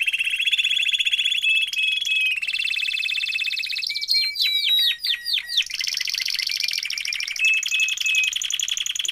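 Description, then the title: Domestic canary song of continuous trills changing tour every few seconds, including a chopped sequence of sharp descending notes in the middle and high buzzy rolls at the end. Male Belgian canary singing a lot, used to warm up and train young canaries. "Canary Training Esquente Seu Filhote E Canario Belga Macho Cantando Muito"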